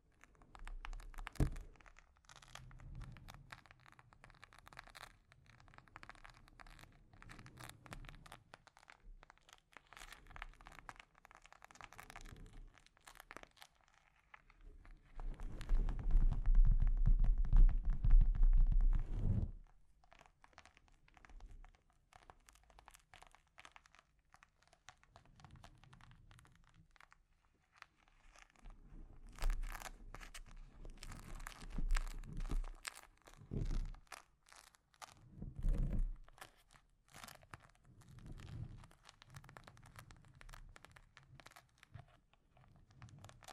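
Delicate scratching and tapping on a microphone, a dense run of small crinkly clicks and taps that keeps going through the whole recording. A louder, low rumbling scrape runs from about 15 to 19 seconds, and firmer bursts of rubbing recur around 30 to 36 seconds.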